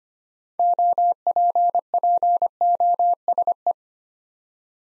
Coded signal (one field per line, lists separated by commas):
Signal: Morse code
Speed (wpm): 25 wpm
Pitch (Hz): 700 Hz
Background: none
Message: OPPOSE